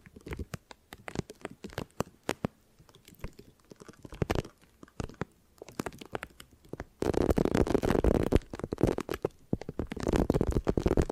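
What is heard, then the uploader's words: Crisp scratching and brushing strokes fill the first seven seconds, arriving in quick irregular bursts with brief pauses. Around seven seconds a denser, wetter lathering rush takes over, swelling and fading twice through the end. ASMR Hypnotic Hair Washing, Brushing and Massage with Layered Sounds (No Talking).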